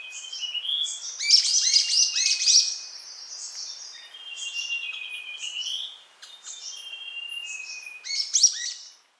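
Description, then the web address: Golden-crowned Flycatcher calling in a busy, high-pitched jumble of squeaky notes and thin whistles, with several sharp bursts spread throughout. Ecuador. "Birds of Ecuador. Golden-crowned Flycatcher"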